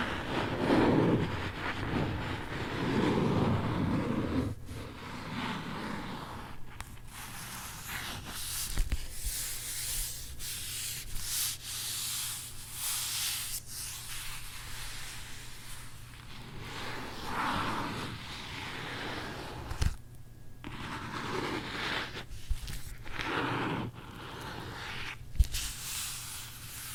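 Book scratching with dense, rough rasping strokes that come in uneven bursts, a steady low hum beneath, and occasional sharp taps.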